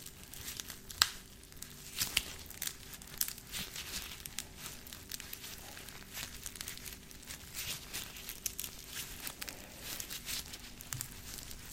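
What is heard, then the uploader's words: Gloved fingers scratch and rub against a surface in dense, irregular bursts of dry, papery scraping that continue throughout. Sharper clicks stand out near the first and second seconds. A faint steady hum sits low underneath. ASMR Scratching (With Gloves).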